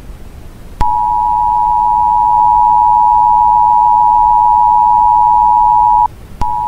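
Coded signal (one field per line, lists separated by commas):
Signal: Emergency Alert System (SAME) tones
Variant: 853 and 960 Hz attention tone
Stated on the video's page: Mock nuclear power plant warning built with real EAS headers, styled after a PBS Kids interruption.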